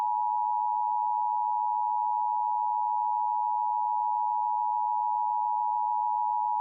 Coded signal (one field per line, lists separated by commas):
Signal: Emergency Alert System (SAME) tones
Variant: 853 and 960 Hz attention tone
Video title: [WNEP] PA Monthly EAS Test (7/20/17)